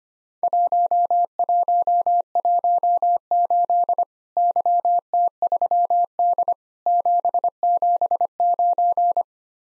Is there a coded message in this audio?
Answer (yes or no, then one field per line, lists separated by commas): yes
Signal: Morse code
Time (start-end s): 0.4-9.2 s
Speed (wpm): 25 wpm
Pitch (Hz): 700 Hz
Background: none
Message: 1118 YT3D 779